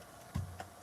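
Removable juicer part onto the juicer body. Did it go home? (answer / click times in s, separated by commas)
yes / 0.6 s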